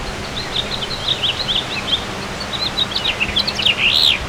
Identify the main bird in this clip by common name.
House Finch